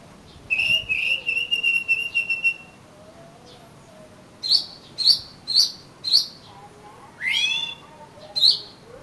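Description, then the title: Oriental magpie-robin song: a run of clear, sweet whistled notes, then loud sharp chipping notes roughly every half second and a quick rising slurred phrase. "suara kacer"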